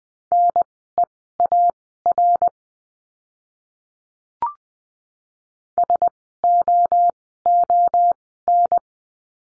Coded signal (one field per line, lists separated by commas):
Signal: Morse code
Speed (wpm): 20 wpm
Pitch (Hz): 700 Hz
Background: none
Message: NEAR SOON